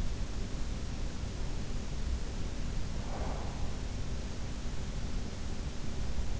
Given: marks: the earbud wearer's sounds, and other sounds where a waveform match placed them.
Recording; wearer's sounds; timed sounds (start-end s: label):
sounds in sleep by an in-ear microphone; breath
2.89-4.02 s: breath